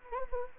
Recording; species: mosquito wingbeat signal from an infrared sensor; Anopheles arabiensis